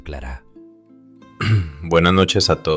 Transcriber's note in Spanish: carraspea